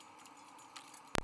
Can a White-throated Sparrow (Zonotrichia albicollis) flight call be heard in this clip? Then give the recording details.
no. No flight call is heard. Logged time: 01:04 on 17 November 2014